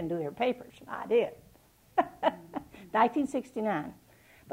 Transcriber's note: laughs